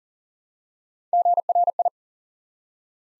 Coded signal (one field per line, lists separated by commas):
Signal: Morse code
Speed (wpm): 40 wpm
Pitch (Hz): 700 Hz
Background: none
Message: GRI